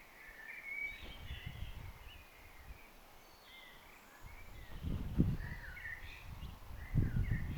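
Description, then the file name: Common blackbird: faint short whistled notes scattered throughout, some rising and some falling, with deep low thuds around the fifth and seventh seconds. "Turdus merula"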